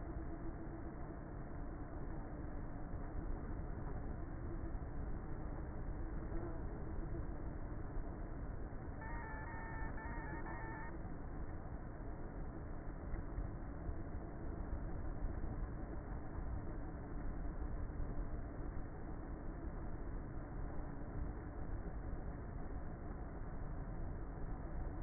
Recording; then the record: honeybee colony, microphone inside the hive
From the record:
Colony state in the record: queenless with a low population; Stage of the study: before two queens were removed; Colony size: about 30,000 bees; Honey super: no